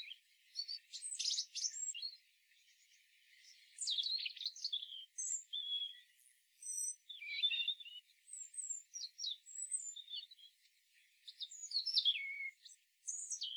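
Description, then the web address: European robin singing a long run of high, thin, varied phrases, tumbling whistles and trills with brief gaps, over a faint hiss. "SETE data Erithacus rubecula"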